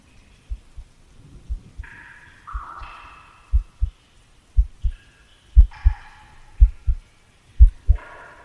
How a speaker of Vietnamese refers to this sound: Cậu ta chỉ nghe tiếng tim mình đập. Dần dần, tiếng tim đập biến lẫn trong tiếng nước nhỏ giọt.